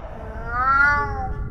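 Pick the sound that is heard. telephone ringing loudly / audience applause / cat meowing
cat meowing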